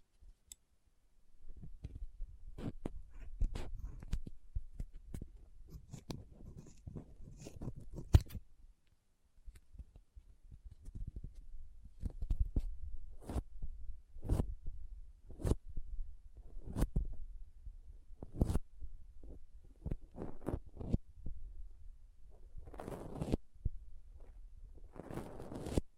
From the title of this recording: Soft Squishy Sticky, Crinkle, Cutting Sounds